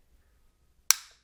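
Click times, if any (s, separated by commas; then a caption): 0.9 s. A plastic kickstand on an Aukey Basix Pro Series wireless charging power bank is pushed open until it locks. A single sharp, bright click at 0.9 s shows it seated and locked into position. It is followed by a short decaying ring against a quiet low background.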